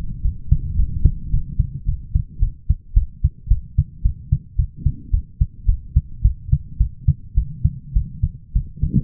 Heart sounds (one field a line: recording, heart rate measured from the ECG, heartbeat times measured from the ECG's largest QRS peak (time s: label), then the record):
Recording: heart sounds by stethoscope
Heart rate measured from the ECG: 108 bpm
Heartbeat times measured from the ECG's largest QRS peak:
0.22 s: heartbeat
0.76 s: heartbeat
1.31 s: heartbeat
1.86 s: heartbeat
2.40 s: heartbeat
2.94 s: heartbeat
3.48 s: heartbeat
4.03 s: heartbeat
4.56 s: heartbeat
5.11 s: heartbeat
5.66 s: heartbeat
6.22 s: heartbeat
6.78 s: heartbeat
7.35 s: heartbeat
7.93 s: heartbeat
8.53 s: heartbeat
From the record:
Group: healthy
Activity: cold pressor test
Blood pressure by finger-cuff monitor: 175/125 mmHg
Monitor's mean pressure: 143 mmHg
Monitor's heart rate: 108 bpm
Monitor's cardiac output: 7.9 L/min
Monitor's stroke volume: 72 mL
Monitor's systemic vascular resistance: 1380 dyn s/cm5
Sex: male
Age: 23 years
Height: 179 cm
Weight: 87 kg